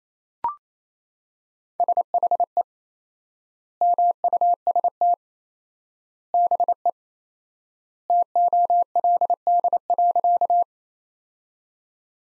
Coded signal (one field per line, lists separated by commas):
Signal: Morse code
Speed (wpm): 28 wpm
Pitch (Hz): 700 Hz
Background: none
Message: SHE MUST BE TOLD.